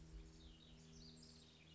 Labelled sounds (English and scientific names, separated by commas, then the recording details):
House Wren (Troglodytes aedon)
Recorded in Sonoma County, California